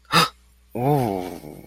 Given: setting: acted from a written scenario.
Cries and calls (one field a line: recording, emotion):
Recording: vocal sound without words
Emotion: awe